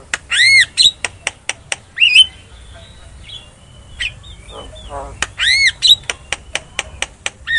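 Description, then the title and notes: Javan myna singing with arched squawking notes and series of sharp dry clicks, a quieter gap of soft warbles in the middle, then the clicking phrase repeats. Lure sound meant to prompt a silent myna to sing. "Pancingan Jalak Kebo Bisu. Kicau Jalak Kebo"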